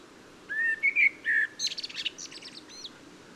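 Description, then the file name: Common blackbird phrase: rich whistled notes at the start, then a rapid run of thin, scratchy high twitters closing the phrase. "Turdus merula"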